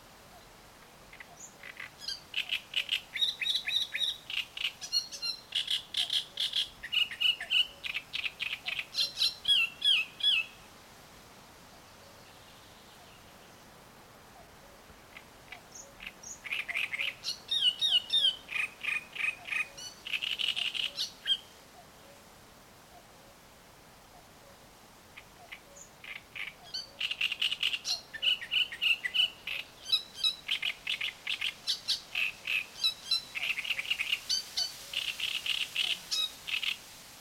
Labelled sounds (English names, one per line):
Great Reed Warbler